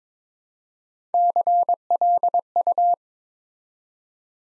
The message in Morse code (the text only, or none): CLU